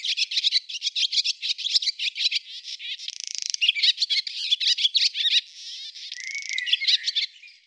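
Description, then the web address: Barn swallow song, continuous rapid high twittering broken by two dry, buzzy rattles, with a short slurred note near the end. "cianscape birddata Deverinetal 2025"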